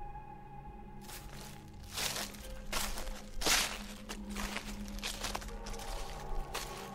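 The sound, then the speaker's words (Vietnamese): Approaching footsteps crunch and rustle through dry leaves in a steady, uneven rhythm, each step a brittle crackling burst over a low constant hum, with no one speaking. “Càng đến gần, thằng Toàn nghe rõ tiếng bước chân dẫm lên trên lá khô cứ sột xà sột soạt.”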